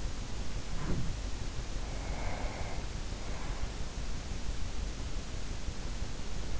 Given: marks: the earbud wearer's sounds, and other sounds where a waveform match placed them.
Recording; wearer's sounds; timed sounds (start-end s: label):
sounds in sleep by an in-ear microphone; breath
0.55-1.20 s: sound from someone else or the room
1.73-4.25 s: breath